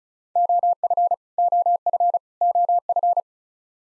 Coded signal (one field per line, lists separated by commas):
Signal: Morse code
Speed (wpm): 36 wpm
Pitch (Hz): 700 Hz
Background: none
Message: OF OF OF